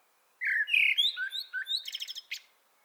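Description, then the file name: Common blackbird singing one phrase of mellow whistled notes that slide and wobble, ending in a rapid series of thin, high chittering notes. "Turdus merula"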